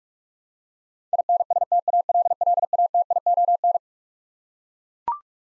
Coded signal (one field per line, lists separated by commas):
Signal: Morse code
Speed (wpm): 41 wpm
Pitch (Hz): 700 Hz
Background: none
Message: INSTALLATION